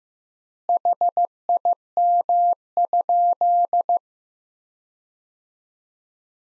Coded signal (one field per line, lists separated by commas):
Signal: Morse code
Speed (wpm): 15 wpm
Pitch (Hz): 700 Hz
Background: none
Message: HIM?